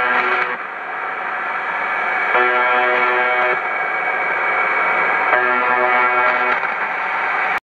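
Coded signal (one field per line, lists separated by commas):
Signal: channel marker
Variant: UVB-76 (The Buzzer)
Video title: UVB-76 The Buzzer / Tecsun PL-660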